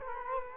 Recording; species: mosquito wingbeat signal from an infrared sensor; Culex quinquefasciatus